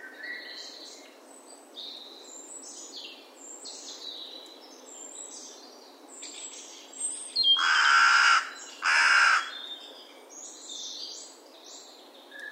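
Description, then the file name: Carrion crow uttering two loud, rough caws back to back midway through, set against a busy chorus of chirping and whistling songbirds. "Corvus corone"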